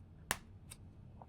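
A plastic tab on a screen protector installation guide for a Galaxy S26 Ultra is pulled down over a small clip on the guide frame. It seats with a sharp click at 0.3 s. Two fainter ticks follow at 0.7 s and 1.2 s.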